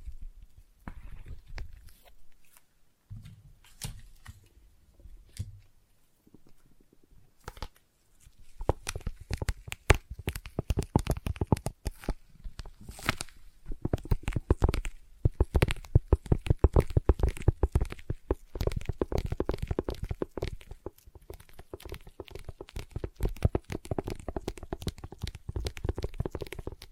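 Sticky tapping and tacky crackles fill the clip, sparse and soft in the first eight seconds with a few low thumps. After about eight seconds the taps become dense and rapid, a steady stream of sharp, bright sticky clicks and peeling sounds that continues to the end.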